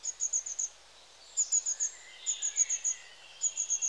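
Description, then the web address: Long-tailed tit giving short bursts of four to six very high, thin see notes, about one burst a second, with a few lower buzzy chirps between. "The BBC Sound Effects Library. Long Tailed TIT"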